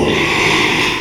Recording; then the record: squeal of a Yucatan mini pig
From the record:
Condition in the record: after surgery on the right vocal fold (resection and tissue-engineered implant); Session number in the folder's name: 1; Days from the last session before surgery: 6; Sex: male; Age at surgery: 12 weeks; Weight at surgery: 13 kg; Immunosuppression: cyclosporine, prednisolone